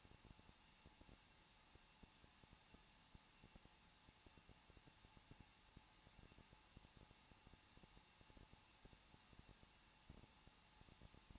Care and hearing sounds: daily activity, microphone in the room; no activity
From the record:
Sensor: 1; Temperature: 20.1 degrees Celsius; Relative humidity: 39.1%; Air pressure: 1006.3 hPa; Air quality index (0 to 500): 217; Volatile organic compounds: 75 ppm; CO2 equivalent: 3562 ppm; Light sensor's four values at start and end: 1/2/1/1 and 1/2/1/1

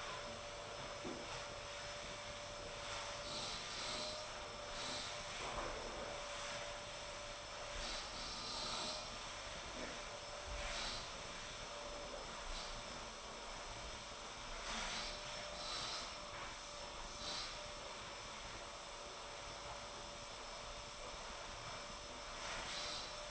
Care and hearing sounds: daily activity, microphone in the room; vacuum cleaning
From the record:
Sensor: 5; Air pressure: 988.8 hPa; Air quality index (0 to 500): 236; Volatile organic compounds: 200 ppm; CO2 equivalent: 4213 ppm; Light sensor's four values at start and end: 40/125/48/51 and 40/125/48/51

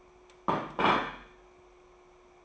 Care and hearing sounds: daily activity, microphone in the room; place plate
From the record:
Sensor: 1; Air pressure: 1004.4 hPa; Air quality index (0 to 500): 197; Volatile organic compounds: 18 ppm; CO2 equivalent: 2602 ppm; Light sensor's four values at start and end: 4/9/3/3 and 4/9/3/3

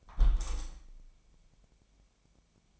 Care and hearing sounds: daily activity, microphone in the room; close window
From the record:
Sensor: 1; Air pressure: 1014.9 hPa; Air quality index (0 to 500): 34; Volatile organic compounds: 1 ppm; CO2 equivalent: 560 ppm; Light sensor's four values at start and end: 10/25/10/11 and 10/25/10/11

